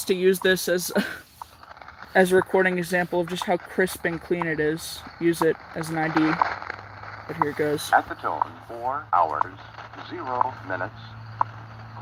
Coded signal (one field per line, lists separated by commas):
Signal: radio time signal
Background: speech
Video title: Let's hangout and do some radio | August 11th, 2024